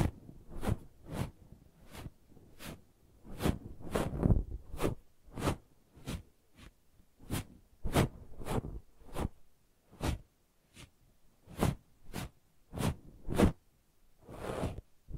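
Brushing and scratching in quick, even strokes, about two per second, each a sharp rasp reaching up bright and hissy with a low rub underneath. The rhythm holds steady throughout, ending with one longer, softer sweep.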